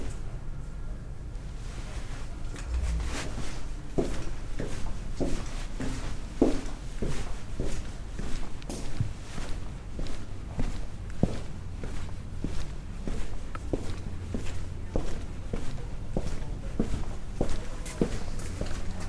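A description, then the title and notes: Footsteps walk steadily over cobbles, sharp clicks landing roughly twice a second throughout, fairly bright. Underneath runs a constant low rumble of city background, with faint indistinct voices now and then. No bells stand out. Medieval City Walk | City of York | Relaxing Binaural Field Recording.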